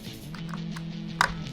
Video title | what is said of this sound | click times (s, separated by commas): G&G PCC45 - a slick new AEG - Fox Airsoft | you have very similar stock here that's folds and locks in place | 1.2 s